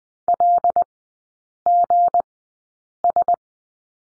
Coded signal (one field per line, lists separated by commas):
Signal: Morse code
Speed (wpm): 20 wpm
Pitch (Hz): 700 Hz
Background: none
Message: LGS